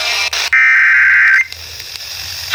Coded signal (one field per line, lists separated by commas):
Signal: Emergency Alert System (SAME) tones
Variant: header bursts